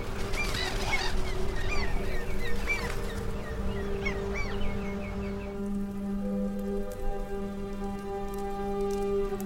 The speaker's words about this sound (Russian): Утро. Над морем летят чайки.